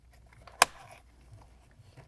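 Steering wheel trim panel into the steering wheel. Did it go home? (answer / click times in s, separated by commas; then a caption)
yes / 0.6 s. A steering wheel trim panel on a 2022-present Volkswagen Mk8 Golf R or GTI is slid into the steering wheel with its bottom tabs lined up and pressed home. A single sharp click at 0.6 s shows it seating in place, with only faint small handling sounds before and after. No one talks.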